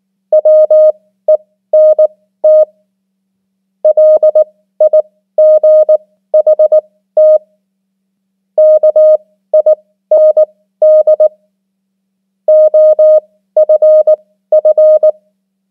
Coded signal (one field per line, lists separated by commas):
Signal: Morse code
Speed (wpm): 19 wpm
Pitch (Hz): 620 Hz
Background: none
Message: WENT LIGHT KIND OFF